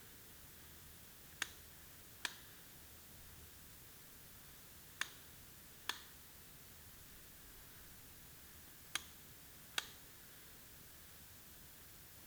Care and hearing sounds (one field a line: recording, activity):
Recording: daily activity, guitar pickup as the sensor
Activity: operate light